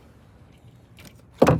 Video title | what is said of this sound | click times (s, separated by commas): 2016 Ford F150 - tailgate lock not working. | plug back into the new one clicks in place you can hear it tuck | 1.4 s